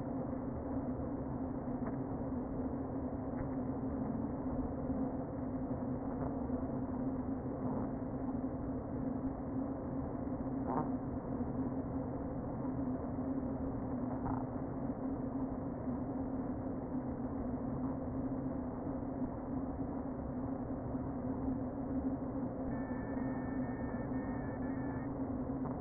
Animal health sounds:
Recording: honeybee colony, microphone inside the hive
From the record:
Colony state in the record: queen present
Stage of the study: before two queens were removed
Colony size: about 60,000 bees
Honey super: yes

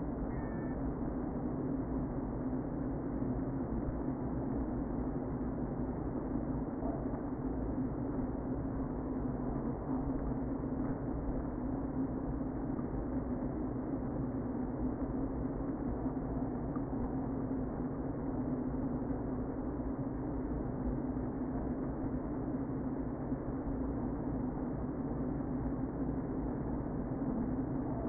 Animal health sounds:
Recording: honeybee colony, microphone inside the hive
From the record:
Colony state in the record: queen present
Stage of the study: before two queens were removed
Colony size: about 60,000 bees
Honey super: yes

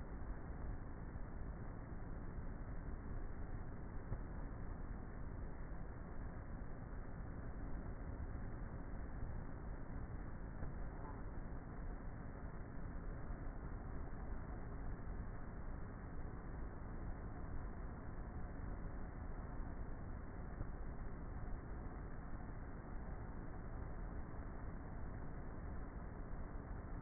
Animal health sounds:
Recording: honeybee colony, microphone inside the hive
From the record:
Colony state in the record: queenless with a low population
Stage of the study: before two queens were removed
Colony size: about 30,000 bees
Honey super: no

